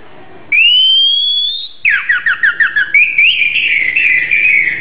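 Oriental magpie-robin song: a long rising whistle, then a quick series of several repeated slurred notes, then warbling.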